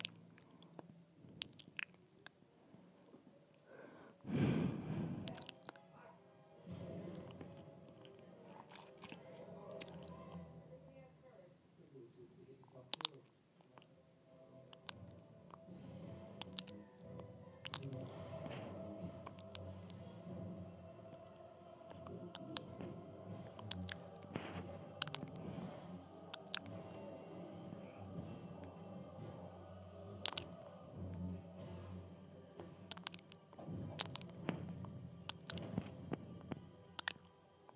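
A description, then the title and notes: Mouth sounds as lips and jaw open and close, with wet smacks, clicks and soft squishing through most of the 38 seconds. A loud thump-like burst comes near 4–5 seconds. After about 15 seconds the sounds grow denser, with frequent sharp clicks. ASMR Opening and Closing my Mouth.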